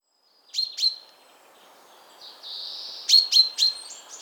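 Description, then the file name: Common chaffinch: two sharp loud notes, a pause, a soft steady high sound, then three more sharp notes in quick succession. "Fringilla coelebs"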